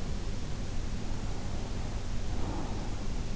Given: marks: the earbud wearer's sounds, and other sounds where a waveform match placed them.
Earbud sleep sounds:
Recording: sounds in sleep by an in-ear microphone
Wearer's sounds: breath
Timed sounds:
1.26-3.08 s: breath

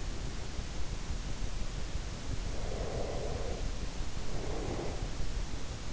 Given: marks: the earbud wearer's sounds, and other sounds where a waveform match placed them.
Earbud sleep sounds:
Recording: sounds in sleep by an in-ear microphone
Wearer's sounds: breath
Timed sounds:
2.33-5.21 s: breath

